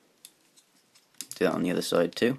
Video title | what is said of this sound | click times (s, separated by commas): Transformers United Seekers: Aces set | rotate them around and then they'll once again clip in do | 1.2 s